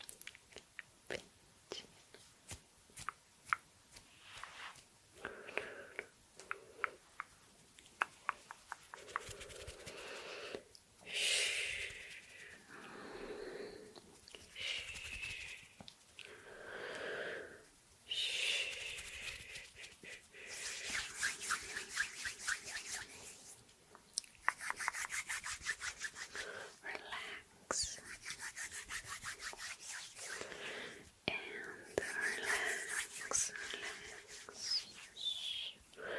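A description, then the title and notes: Quiet hand movements with soft mouth sounds: rustling rubs, airy breaths and small wet clicks come in uneven bursts every second or two. Longer hissing swishes stand out near 11, 18 and 24 seconds, over a faint low hum. ASMR PLUCKING and pulling negative energy 1 hour of hand movements with mouth sounds.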